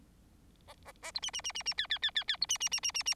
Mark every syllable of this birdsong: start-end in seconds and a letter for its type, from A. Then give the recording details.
0.68-0.73 A, 0.85-0.92 A, 1.02-1.11 A, 1.14-1.20 B, 1.22-1.31 C, 1.33-1.41 C, 1.44-1.52 C, 1.54-1.63 C, 1.65-1.74 C, 1.77-1.87 D, 1.90-1.99 D, 2.02-2.11 D, 2.15-2.24 D, 2.28-2.37 D, 2.41-2.46 B, 2.49-2.58 C, 2.60-2.69 C, 2.71-2.80 C, 2.83-2.92 C, 2.94-3.03 C, 3.06-3.14 C. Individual Bird4